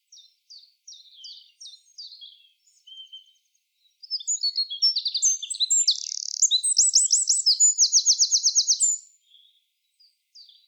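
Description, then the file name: Eurasian wren song: soft high chips at first, then a loud rapid outburst of shrill notes and buzzing trills running about five seconds before stopping abruptly. "Troglodytes troglodytes"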